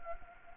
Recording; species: mosquito wingbeat signal from an infrared sensor; Anopheles gambiae